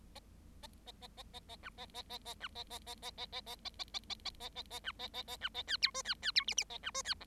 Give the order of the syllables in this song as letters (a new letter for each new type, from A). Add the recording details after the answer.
A A A A A A B A A A A B A A A A A A A A A A A A A A A B A A A B A C D E C C D F F A B E C G. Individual Bird7